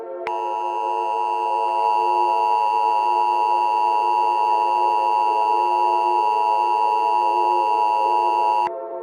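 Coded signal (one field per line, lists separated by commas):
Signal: Emergency Alert System (SAME) tones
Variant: 853 and 960 Hz attention tone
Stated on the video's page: Fictional EAS scenario, a made-up alert rather than a real broadcast.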